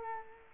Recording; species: mosquito wingbeat signal from an infrared sensor; Culex quinquefasciatus